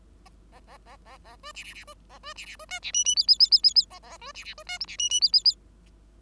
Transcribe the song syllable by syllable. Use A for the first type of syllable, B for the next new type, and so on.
A A A A A B C C C B A B C C B D C E E F F F F F F A A B C C B D G C E E F F F